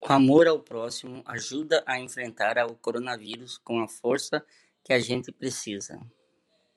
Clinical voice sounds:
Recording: spoken sentence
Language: Brazilian Portuguese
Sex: male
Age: 50 to 59 years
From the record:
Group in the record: control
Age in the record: 55 years

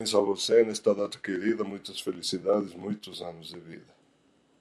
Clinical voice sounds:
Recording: short text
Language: Brazilian Portuguese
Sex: male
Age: 60 to 69 years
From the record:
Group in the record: control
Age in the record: 66 years

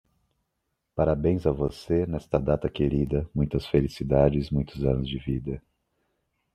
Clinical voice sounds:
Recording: short text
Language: Brazilian Portuguese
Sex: male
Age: 30 to 39 years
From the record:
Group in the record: control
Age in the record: 36 years

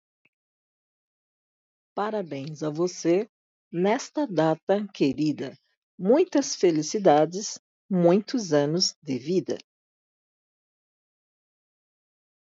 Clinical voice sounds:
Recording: short text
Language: Brazilian Portuguese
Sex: female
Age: 50 to 59 years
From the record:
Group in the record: control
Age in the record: 53 years

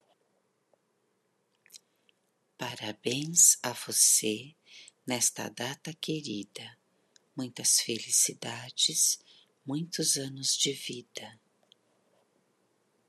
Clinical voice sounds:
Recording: short text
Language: Brazilian Portuguese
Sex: female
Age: 50 to 59 years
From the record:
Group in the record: control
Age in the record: 54 years

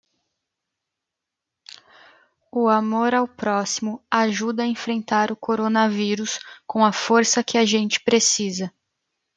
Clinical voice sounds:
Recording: spoken sentence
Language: Brazilian Portuguese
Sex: female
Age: 20 to 29 years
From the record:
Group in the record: control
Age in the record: 27 years

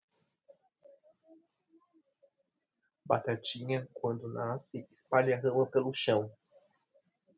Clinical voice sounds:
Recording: short text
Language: Brazilian Portuguese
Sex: male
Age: 40 to 49 years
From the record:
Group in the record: control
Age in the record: 40 years

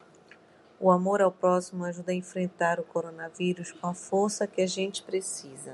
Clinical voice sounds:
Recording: spoken sentence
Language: Brazilian Portuguese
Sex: female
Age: 40 to 49 years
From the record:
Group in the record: control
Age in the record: 41 years

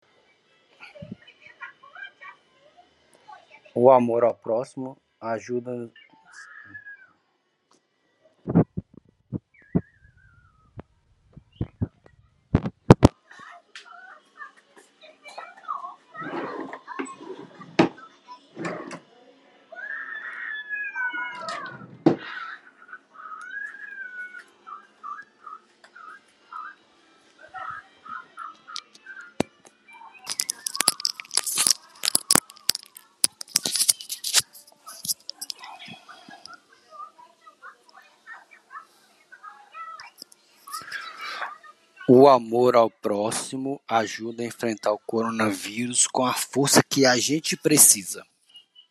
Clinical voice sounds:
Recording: spoken sentence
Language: Brazilian Portuguese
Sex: male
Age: 30 to 39 years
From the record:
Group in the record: control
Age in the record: 37 years

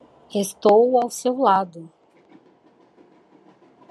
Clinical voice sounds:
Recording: short text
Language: Brazilian Portuguese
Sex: female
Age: 50 to 59 years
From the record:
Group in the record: control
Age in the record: 52 years

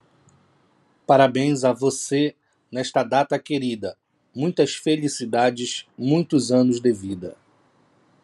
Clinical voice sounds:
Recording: short text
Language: Brazilian Portuguese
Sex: male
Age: 40 to 49 years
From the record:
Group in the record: control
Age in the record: 42 years

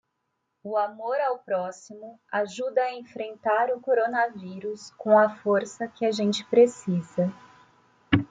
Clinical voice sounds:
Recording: spoken sentence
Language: Brazilian Portuguese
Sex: female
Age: 30 to 39 years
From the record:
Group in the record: control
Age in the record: 39 years

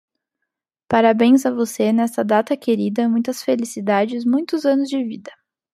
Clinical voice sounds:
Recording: short text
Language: Brazilian Portuguese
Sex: female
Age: 20 to 29 years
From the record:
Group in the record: control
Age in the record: 25 years

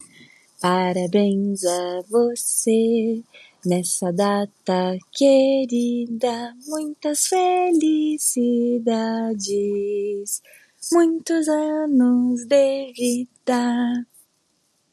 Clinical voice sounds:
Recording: short text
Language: Brazilian Portuguese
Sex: female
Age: 30 to 39 years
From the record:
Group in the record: control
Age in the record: 30 years

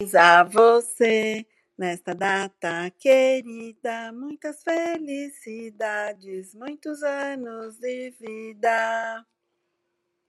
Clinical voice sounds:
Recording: short text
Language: Brazilian Portuguese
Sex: female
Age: 50 to 59 years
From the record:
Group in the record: control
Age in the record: 53 years

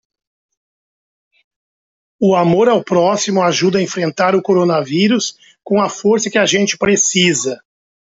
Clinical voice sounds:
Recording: spoken sentence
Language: Brazilian Portuguese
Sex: male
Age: 50 to 59 years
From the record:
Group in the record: control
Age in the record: 55 years

